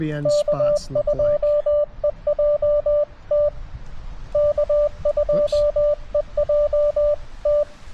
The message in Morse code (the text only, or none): K2EJT K2EJT